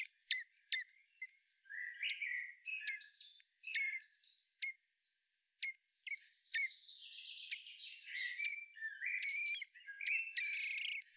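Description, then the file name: Common blackbird calls: sharp clicking ticks mixed with short twittering, warbled phrases in bursts, with brief pauses between. "Turdus merula"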